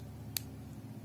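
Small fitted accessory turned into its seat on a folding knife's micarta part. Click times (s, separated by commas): 0.4 s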